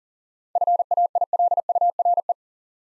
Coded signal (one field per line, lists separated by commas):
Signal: Morse code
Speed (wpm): 39 wpm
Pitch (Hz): 700 Hz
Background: none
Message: FAILURE